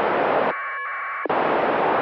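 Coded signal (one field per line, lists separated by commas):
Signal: packet radio (AX.25, as in APRS)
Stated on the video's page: Amateur packet radio transmitted and received via the ISS during one pass.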